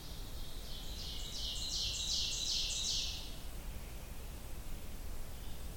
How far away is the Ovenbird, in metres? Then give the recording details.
about 45 m. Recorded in boreal forest in Alberta, Canada, on 30 June 2016 at 08:33. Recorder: SongMeter 3, array SBT-6-79. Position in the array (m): 166 m, 40 m. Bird 43